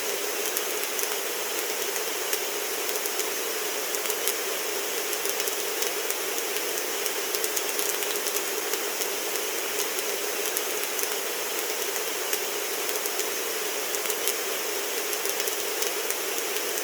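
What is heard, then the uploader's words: A campfire burns with a steady, dense hiss that stays bright and even from start to finish. Small sharp crackles and pops flick through it irregularly, a few every second, while the low end stays quiet and nothing else intrudes. CAMPING FIRE WHITE NOISE FOR SLEEPING AND RELAXING AND MEDITATION.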